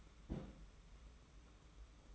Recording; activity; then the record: daily activity, microphone in the room; place on stove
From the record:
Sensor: 1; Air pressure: 991.1 hPa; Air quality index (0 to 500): 91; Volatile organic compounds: 34 ppm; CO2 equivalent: 3037 ppm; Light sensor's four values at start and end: 36/115/45/46 and 36/115/45/46